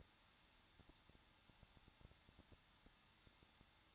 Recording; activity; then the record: daily activity, microphone in the room; no activity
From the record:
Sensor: 3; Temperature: 21.2 degrees Celsius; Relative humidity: 36.4%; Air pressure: 1006.4 hPa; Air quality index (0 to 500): 224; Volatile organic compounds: 44 ppm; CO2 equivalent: 3211 ppm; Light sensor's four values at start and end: 2/3/2/2 and 2/3/2/2